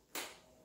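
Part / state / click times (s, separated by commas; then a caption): motorcycle seat into its frame latch / seated / 0.2 s. A Ducati Multistrada V4 rider seat is lowered onto its rear mounts, then pushed gently backwards and down into its frame latch. At 0.2 s the latch locks with a sharp, bright click that fades out quickly, and the seat is seated.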